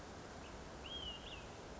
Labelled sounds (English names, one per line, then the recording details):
Olive-sided Flycatcher
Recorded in Sonoma County, California